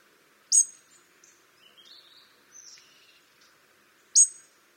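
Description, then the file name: Two loud European robin ticks about three and a half seconds apart, with faint high notes between them. "Erithacus rubecula"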